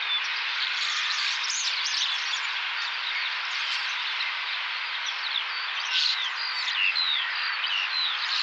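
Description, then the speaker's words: Common Starlings in a large flock, a dense continuous wash of whistles, clicks and squeaky chatter with many overlapping voices and no pauses. Large group of starlings, a mix of two West Clare groups at Loophead and Lisheen Feroor; each bird seems to do its own thing, but together they make a huge, seemingly frenzied sound. "Here we will hear a mix of two West Clare groups. One at Loophead, the other at Lisheen Feroor."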